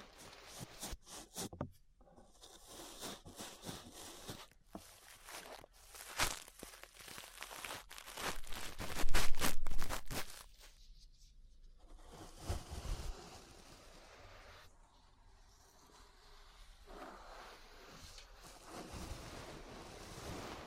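Brushing against an ear makes dense, scratchy rustles that come in bursts, loudest around nine to ten seconds, with quieter stretches between strokes.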